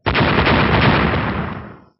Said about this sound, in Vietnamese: Từng tiếng nổ vang lên liên tiếp, vô số kim quang bị bạch diễm quyền đánh nát ra, nhuộm lên kim sắc rực rỡ hơn phân nửa tinh vực, trông giống như là vàng rồng.